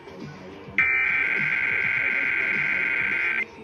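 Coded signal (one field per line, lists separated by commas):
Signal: Emergency Alert System (SAME) tones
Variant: header bursts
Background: speech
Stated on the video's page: EAS monsoon storm alerts, a Required Monthly Test, and a NOAA Weather Radio weekly test.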